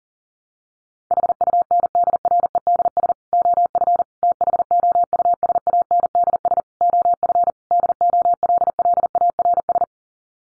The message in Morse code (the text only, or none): HUNDREDS OF THOUSANDS OF DOLLARS